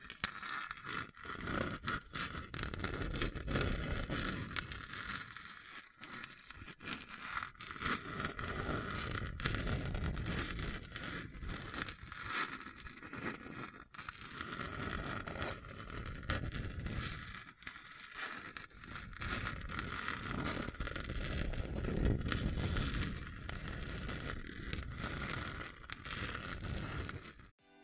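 Hard, bumpy surface scratching rolls on almost without pause for about 27 seconds, a rough, gritty grinding with a heavy low rumble. Quick jolts and clatters punctuate it, with brief dips near 6 and 14 seconds. A steady mid-pitched whine rides through it, and it ends abruptly.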